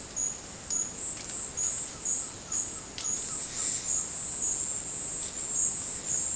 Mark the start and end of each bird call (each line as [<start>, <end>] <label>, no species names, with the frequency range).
[1.41, 4.04] bird call (0.7-1.8 kHz)